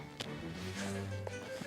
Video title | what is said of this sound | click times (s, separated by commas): How To Install GPStar's Hasbro Neutrona Wand Kit - Part 2 | and then it should snap into place | 1.3 s